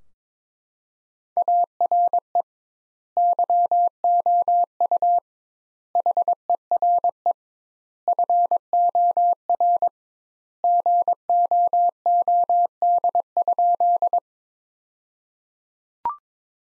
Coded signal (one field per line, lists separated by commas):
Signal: Morse code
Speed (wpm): 21 wpm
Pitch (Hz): 700 Hz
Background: none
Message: ARE YOU HERE FOR GOOD?